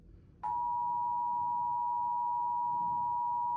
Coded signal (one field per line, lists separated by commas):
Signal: Emergency Alert System (SAME) tones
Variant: 853 and 960 Hz attention tone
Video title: EAS: NYC Required Monthly Test on 5 Different TV Stations (WCBS, WNBC, WABC, WPIX, WPXN)